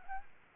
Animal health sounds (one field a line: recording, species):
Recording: mosquito wingbeat signal from an infrared sensor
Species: Aedes albopictus